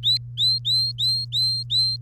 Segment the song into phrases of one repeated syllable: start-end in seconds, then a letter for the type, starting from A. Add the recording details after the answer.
0.03-2.01 A. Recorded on 3 May 2018 at 07:27. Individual llb3